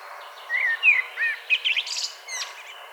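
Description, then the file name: Common blackbird song, a few mellow fluted whistles around mid pitch followed by a burst of high, squeaky twittering notes, all within three seconds. "Turdus merula"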